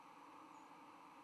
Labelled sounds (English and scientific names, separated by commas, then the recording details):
White-throated Sparrow (Zonotrichia albicollis) flight call
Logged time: 05:04 on 10 November 2014